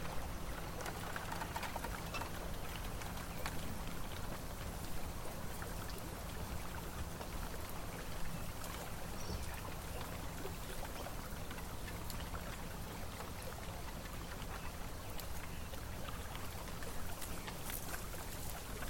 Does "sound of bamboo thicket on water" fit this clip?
yes